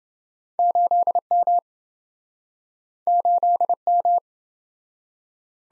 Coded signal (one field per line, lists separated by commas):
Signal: Morse code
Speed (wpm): 28 wpm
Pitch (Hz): 700 Hz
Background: none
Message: 8M 8M